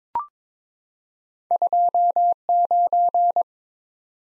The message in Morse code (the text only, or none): 29